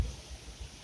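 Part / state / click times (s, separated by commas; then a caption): rubber dust boot into brake caliper groove / not seated / none. A new rubber dust boot is being pushed onto a motorcycle brake caliper guide pin so that its lip will sit in the groove. Only a faint, low handling rumble is heard, with no sharp sounds. Nothing has seated or clicked yet.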